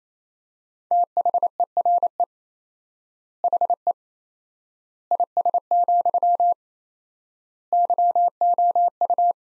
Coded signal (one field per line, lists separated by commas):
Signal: Morse code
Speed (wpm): 28 wpm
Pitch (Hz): 700 Hz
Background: none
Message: THERE HE IS, YOU